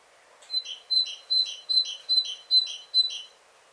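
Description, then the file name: Great tit calling with evenly spaced two-part notes, a thin ringing tone paired with a lower buzzier element, repeated about every 0.4 seconds, seven times. "Parus major"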